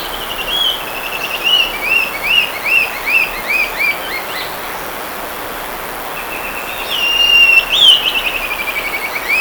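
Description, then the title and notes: Brown-billed scythebill song: a series of short, high whistled notes repeated rapidly, then a faster trill of similar notes, over steady background hiss. Song only; Tausito, near Humo de Tucurrique, Cartago, Costa Rica, 2008. "Campylorhamphus pusillus (solo el canto) . " Trepador pico de hoz". Tausito, cerca del Humo de Tucurrique, Cartago. 2008"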